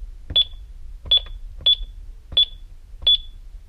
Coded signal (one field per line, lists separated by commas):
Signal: none